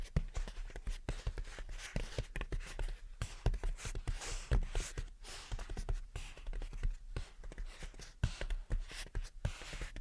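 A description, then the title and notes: Gentle tapping and scratching in quick, uneven bursts, with dense soft clicks and brief brighter scrapes continuing throughout without pause. Gentle Tapping and Scratching. (No Talking).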